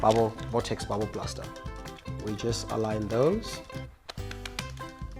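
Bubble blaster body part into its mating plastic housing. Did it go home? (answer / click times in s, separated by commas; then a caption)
yes / 4.1 s. A body part of an i-Play Vortex Bubble Blaster toy is lined up with its mating plastic housing and pushed together over music while someone talks. A sharp plastic click at 4.1 s shows the two plastic parts have seated together.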